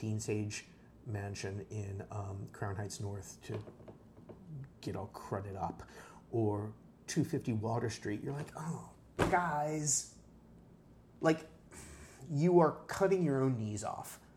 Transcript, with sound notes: Dean Sage Mansion in Crown Heights North to get all crudded up, or 250 Water Street––you’re like, [exasperatedly] “Guys, you are cutting your own knees off.